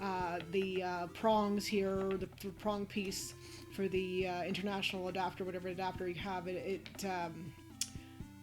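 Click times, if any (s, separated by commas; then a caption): 7.8 s. An interchangeable plastic prong piece for a country-specific international plug adapter is slid into the charger body of a magnifier while someone talks over a steady low hum. A sharp tick at 7.8 seconds marks the prong piece locking into place in the charger.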